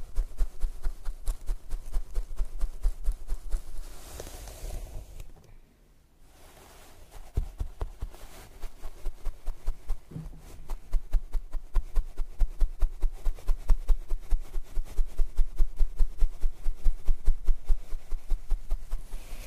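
Hair brushing and scalp massage make rapid, regular scratchy strokes that pause briefly near six seconds, then resume denser and louder toward the end.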